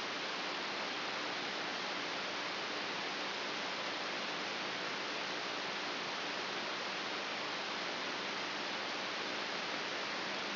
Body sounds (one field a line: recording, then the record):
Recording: brain microelectrode recording played as sound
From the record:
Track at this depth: outside the subthalamic nucleus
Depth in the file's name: 5.419 mm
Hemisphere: left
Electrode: 3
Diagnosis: Parkinson's disease